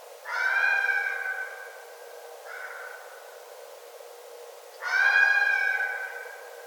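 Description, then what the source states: Red fox calls: a loud, harmonic wailing cry, then a shorter, fainter one, then another loud drawn-out cry about four and a half seconds after the first. Recorded 9 December 2011.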